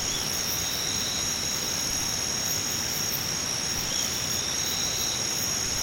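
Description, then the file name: Singing insects in a continuous piercing chorus, layered trills and regular pulses with a couple of brief chirps. "nakumushi"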